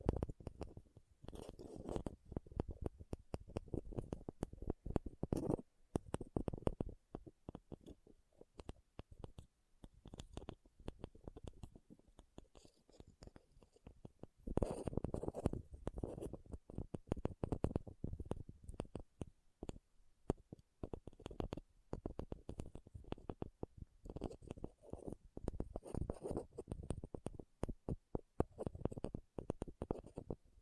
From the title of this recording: RHINESTONE Tapping & Scratching Sounds